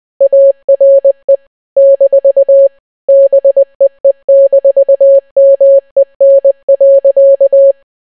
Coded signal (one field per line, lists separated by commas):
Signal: Morse code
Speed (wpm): 20 wpm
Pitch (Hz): 550 Hz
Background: none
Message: ARE - BEE-MEN.